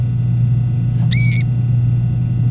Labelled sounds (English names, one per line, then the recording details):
Domestic Canary song
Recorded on 24 April 2018 at 18:26
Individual llb3